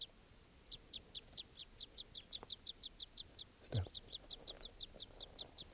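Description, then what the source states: Crossbill calling with rapid, evenly spaced high chips in a continuous series, briefly interrupted by a low thud before the chipping resumes. Female by the net.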